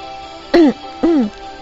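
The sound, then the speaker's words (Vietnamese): Two short, dry coughs a half-second apart, each a brief voiced bark that drops in pitch, heard alone against a quiet background with no talking. “Trước bàn công tác, tôi ôm đầu vò đầu bứt tai, bỗng nhiên sau lưng vang lên tiếng ho khan.”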